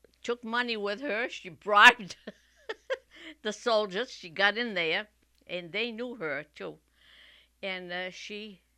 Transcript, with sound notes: took money with her, she bribed ( she laughs ) the soldiers, she got in there, and they knew her, too. And, uh, she